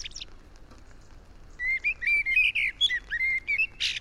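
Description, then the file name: Common blackbird: a brief high squeak, a pause, then one warbled phrase of whistled notes ending in a high squeaky flourish. "Turdus merula"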